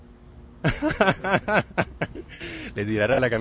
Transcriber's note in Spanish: Se ríe